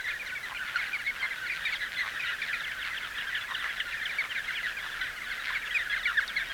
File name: Rana Tsushimensis Is Calling